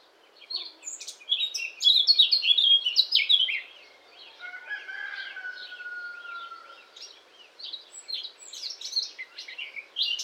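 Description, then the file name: Eurasian blackcap delivering a quick, jumbled warble of high chirping notes, then softer twittering, with a drawn-out, steady, gently falling whistle partway through. "Sylvia atricapilla"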